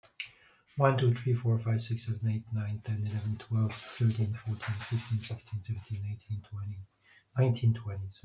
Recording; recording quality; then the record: counting at a fast pace; moderate, slight background noise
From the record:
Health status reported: healthy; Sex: male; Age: 56 years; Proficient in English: yes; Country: France